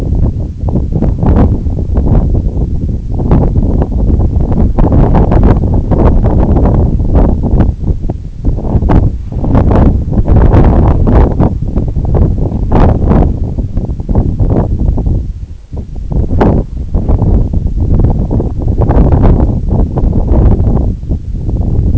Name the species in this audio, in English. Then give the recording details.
none. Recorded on Arctic tundra, site NAIT-1, on 2 July 2019. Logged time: 02:00